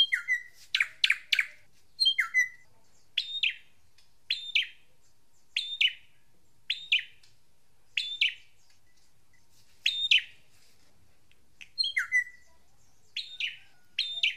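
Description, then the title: Drongo calls: sharp metallic two-part notes repeated roughly every second, mixed with scratchy chirps and downslurred whistles, clear and steady throughout. "Suara Srigunting Di Download Dari Hobiburung"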